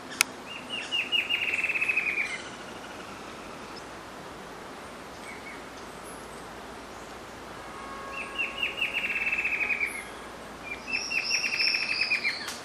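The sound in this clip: Bird calls: rapid trilled series at high pitch, sounding near the start and again later, followed by a thinner, higher whistled trill near the end, over steady background hiss.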